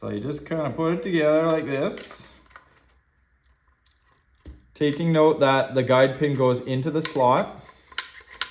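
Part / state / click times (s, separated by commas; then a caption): guide-pin internal assembly going into a marker body / seated / 8.0 s, 8.4 s. A Valken M17 marker's internal assembly, with its guide pin set into the slot, is pressed together into the marker body while someone talks. It seats with sharp clicks at about 8.0 s and 8.4 s.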